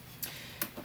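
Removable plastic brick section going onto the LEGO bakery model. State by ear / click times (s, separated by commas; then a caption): seated / 0.2 s, 0.6 s. A removable plastic brick roof section of the micro-scale LEGO bakery model (set 40696) is pressed back onto the model. Two sharp clicks are heard at 0.2 s and 0.6 s, with a softer tick near 0.8 s, as the section snaps into place and seats.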